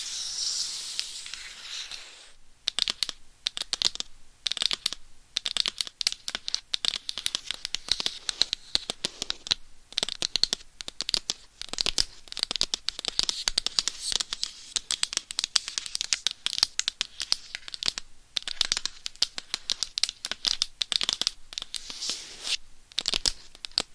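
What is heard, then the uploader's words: Bright fingernail scratching fills the clip: a steady hissing rub for the first two seconds, then rapid, densely packed strokes with a crisp, papery edge. Brief pauses break the pattern around ten, eighteen and twenty-two seconds; no voice is heard. Scratching , Tapping , Massage & More. No Talking.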